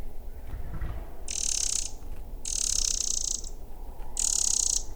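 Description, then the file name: Eurasian wren churring in three grating, ratchet-like bursts, each under a second long, against low rumble. "Troglodytes troglodytes"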